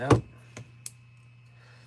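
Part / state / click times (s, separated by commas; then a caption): small plastic suspension part into the RC truck suspension arm / seated / 0.9 s. Someone talks briefly as a small plastic part is spun and pressed home into the suspension arm of a Team Associated RC10T RC truck kit, its center not yet seated. A soft knock comes at 0.6 s, then a sharp final click at 0.9 s as the part seats, followed by quiet.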